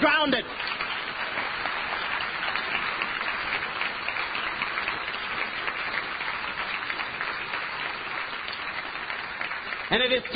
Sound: applause